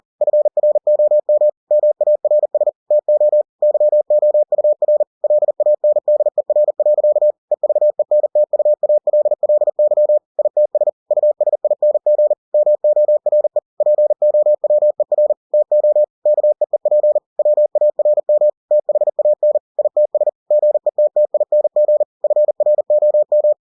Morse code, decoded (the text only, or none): FROM MARS TO YOUR LANDER. EVENTUALLY ITS USING MORE POWER TO KEEP WARM THAN ITS GETTING FROM